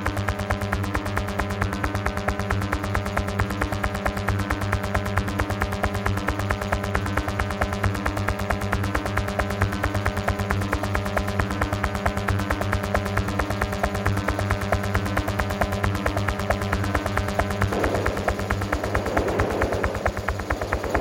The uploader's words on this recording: Binaural Beat.